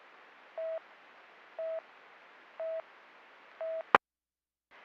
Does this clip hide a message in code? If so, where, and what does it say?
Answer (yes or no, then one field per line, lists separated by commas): no